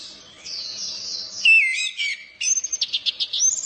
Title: Suara Burung Anis Merah Gacor Teler Doyorng Juara